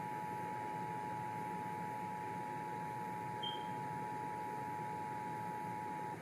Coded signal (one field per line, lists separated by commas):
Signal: Emergency Alert System (SAME) tones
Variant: 853 and 960 Hz attention tone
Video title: [EAS #60] Los Angeles Required Monthly Test